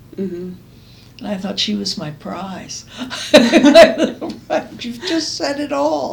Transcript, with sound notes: And I thought she was my prize. [laughs] You’ve just said it all!